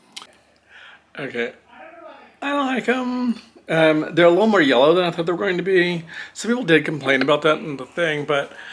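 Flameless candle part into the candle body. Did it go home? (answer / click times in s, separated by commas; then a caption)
yes / 0.2 s. A part is pushed into the body of a plastic flameless LED candle, held, and its small tab is pressed until it snaps so it stays in place, with a sharp click at 0.2 s. After that, someone talks for the rest of the clip. The part is seated.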